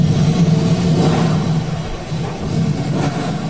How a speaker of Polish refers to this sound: I było słychać, jak się jechało, to ten wylot tej pary z Komnina, to mówili, że ten parowóz z niebem gada.